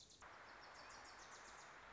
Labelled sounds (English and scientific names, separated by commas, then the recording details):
Wilson's Warbler (Cardellina pusilla)
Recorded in Sonoma County, California